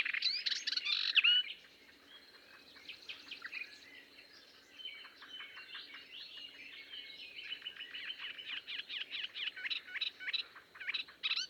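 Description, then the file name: Melodious warbler song: a loud chattering burst, then a softer rapid babble of varied notes that builds again toward the end. "British Library - Melodious Warbler Hippolais polyglotta"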